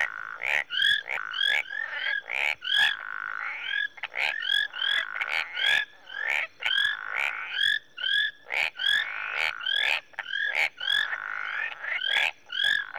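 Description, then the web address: Marsh and tree frogs in a thick chorus, overlapping whistled notes and raspy rattles repeating quickly, brief lulls between clusters. Mixed chorus of marsh frogs and tree frogs, recorded in Rwanda, Africa. "BBC Sound Effects Library BBC 30-Africa - Natural World 08 Rwanda, Marsh And Tree Frogs"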